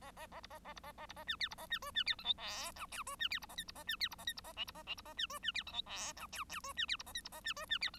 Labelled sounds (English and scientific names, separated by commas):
Bengalese Finch (Lonchura striata domestica) song